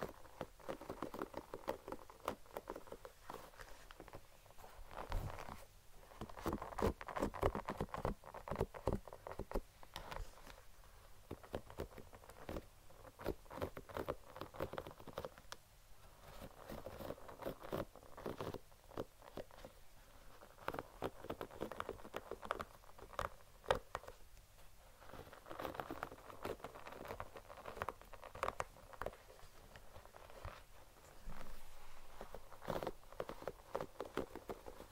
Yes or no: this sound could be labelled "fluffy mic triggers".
yes